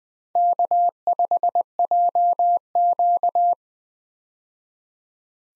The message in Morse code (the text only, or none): K5JQ